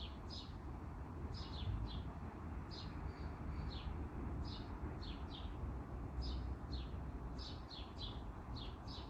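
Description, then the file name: Bird chirps, short high notes given singly or in quick pairs and small clusters, over a constant low rumble. "Pajaros Birds"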